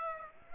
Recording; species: mosquito wingbeat signal from an infrared sensor; Aedes aegypti